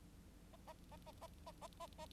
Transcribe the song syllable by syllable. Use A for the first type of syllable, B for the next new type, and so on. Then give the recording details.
A A A A A A A A A. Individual Bird9